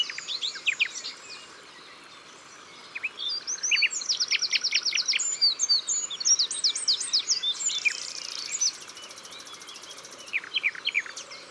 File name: Troglodyte mignon Concerts Naturels de la Drome Studio les Trois Becs